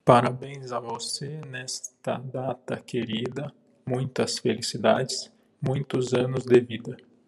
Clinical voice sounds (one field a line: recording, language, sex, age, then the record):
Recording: short text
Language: Brazilian Portuguese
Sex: male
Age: 30 to 39 years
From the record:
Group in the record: control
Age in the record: 30 years